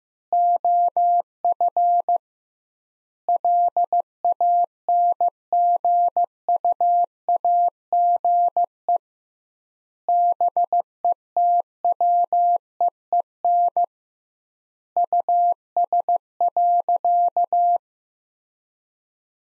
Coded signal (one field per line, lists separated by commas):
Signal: Morse code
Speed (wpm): 15 wpm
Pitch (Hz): 700 Hz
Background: none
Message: OF LANGUAGE BETWEEN US.